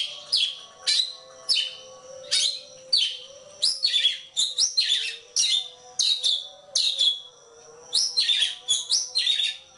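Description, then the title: Oriental magpie-robin song: repeated bright whistled phrases with harsh edges, roughly one burst every second, steady and loud. Kacer poci form; national champion competition bird; chatty (gacor) singer using nembak (shooting) and ngerol (rolling) song styles; seven song types every three minutes. "Kacer Poci Gacor Nembak Dan Ngerol Juara Nasional. 7 macam suara kacer setiap 3 menit"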